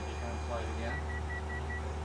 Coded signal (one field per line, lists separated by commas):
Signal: none